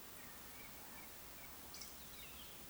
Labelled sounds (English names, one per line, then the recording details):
Eurasian Woodcock whistle
Eurasian Woodcock croak
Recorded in Baden-Württemberg, Germany, on 2 June 2020 at 19:43 UTC
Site 46190, 1214 m above sea level